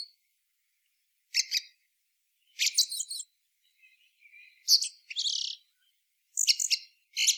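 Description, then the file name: Common blackbird giving scattered high, clicking chatter bursts with quiet gaps, plus a couple of softer twittering notes midway. "Turdus merula"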